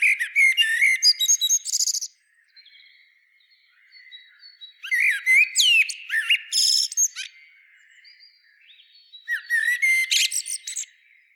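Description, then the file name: Common blackbird song in three phrases separated by quiet gaps, each mixing low fluty whistles with sharp high squeaky flourishes and twitters. "Turdus merula"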